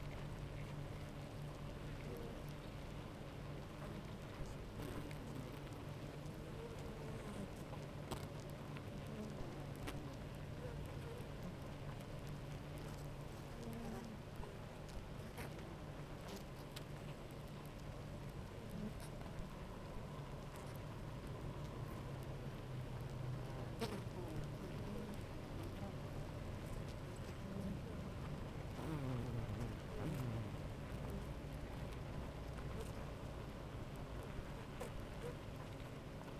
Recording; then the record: honeybee colony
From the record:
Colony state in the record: active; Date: 28 July 2017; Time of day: 9:26